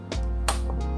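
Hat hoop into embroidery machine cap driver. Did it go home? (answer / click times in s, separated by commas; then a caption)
yes / 0.1 s, 0.5 s, 0.7 s. A hat mounted on its hoop is turned onto an embroidery machine's cap driver until it locks, giving three clicks at 0.1, 0.5 and 0.7 seconds over music playing underneath. The hoop is clipped in and seated on the driver.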